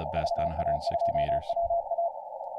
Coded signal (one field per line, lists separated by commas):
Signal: Morse code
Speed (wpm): 28 wpm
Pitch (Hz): 720 Hz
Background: speech, radio noise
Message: VA2WA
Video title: CQ 160m